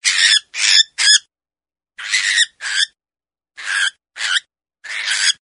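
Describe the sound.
Cockatiel squawking: harsh, grating bursts given in quick runs of one to three, separated by brief pauses, with nothing else audible behind them.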